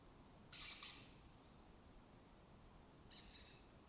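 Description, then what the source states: Lesser kestrel call, one loud rasping double note followed by a softer, shorter grating call about two and a half seconds later. Breeding colony occupying an abandoned building complex in Doñana, southern Europe; migratory birds that forage in West Africa and breed in southern Europe.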